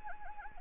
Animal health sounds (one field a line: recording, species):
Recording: mosquito wingbeat signal from an infrared sensor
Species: Anopheles gambiae